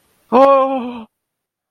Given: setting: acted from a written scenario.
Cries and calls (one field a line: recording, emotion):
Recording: vocal sound without words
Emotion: fear